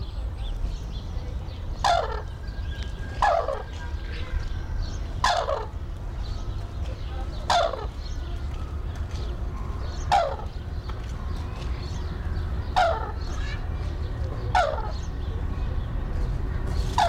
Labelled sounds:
Red-crowned Crane call
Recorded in captivity
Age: adult
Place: Zoo Berlin, Berlin, DE
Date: 1993-04-02 12:17
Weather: sonnig, -1 bis + 5 °C
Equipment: Marantz CP 430, Sennheiser ME 80, Kopie Uher Variocord 263
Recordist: Tembrock, Günter

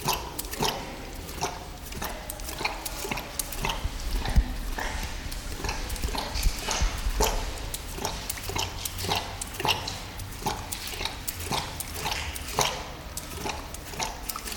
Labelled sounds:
Tiger
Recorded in captivity
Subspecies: altaica
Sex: male
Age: adult
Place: Zoo Halle, Sachsen-Anhalt, DE
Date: 1997-03-22 16:16
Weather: Schnee bis Regen, um 0°C
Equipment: Sony MD-WM MZ-R3, Sennheiser MKH 416 T, Kopie Uher 4000 Report Monitor
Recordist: Tembrock, Günter

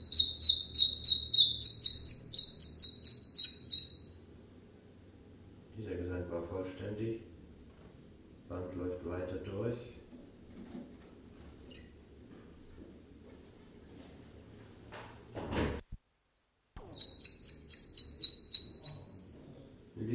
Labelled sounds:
Common Chiffchaff song
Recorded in captivity
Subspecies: collybita
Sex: male
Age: adult
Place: Zoologisches Institut Universität Tübingen, Baden-Württemberg, DE
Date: 1965-05-17
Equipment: Nagra III PH, kleiner englischer Parabolspiegel, LGS26
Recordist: Schneider, Hans-Joachim
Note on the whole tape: In einem separaten Raum. Männchen blau/grün - gelb/rot, geschlüpft am 15.05.1964 auf der Lichtenberger Höhe. MaAs: E.B

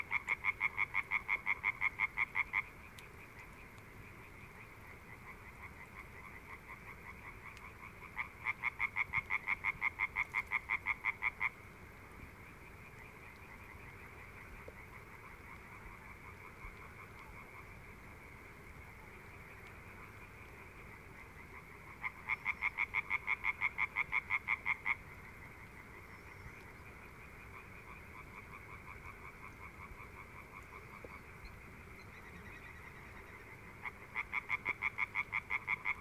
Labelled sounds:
Common Tree Frog call
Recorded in the wild
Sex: male
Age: adult
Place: Kützerhof, Kummerower See, Mecklenburg-Vorpommern, DE
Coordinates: 53.8519, 12.8739
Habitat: wetland
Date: 2008-04-29 22:58
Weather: Nieselregen, 15°C
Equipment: Zoom H2
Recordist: Frommolt, Karl-Heinz

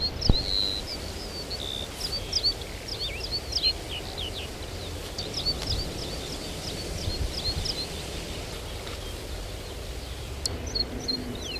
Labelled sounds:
Meadow Pipit song
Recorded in the wild
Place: Clausthal-Zellerfeld, Oberharz, Niedersachsen, DE
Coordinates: 51.78, 10.33
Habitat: forest
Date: 1985-06-11
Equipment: Sony WM-D6C, Big Ear
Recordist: Skiba, Reinald
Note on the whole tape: Buntenbock

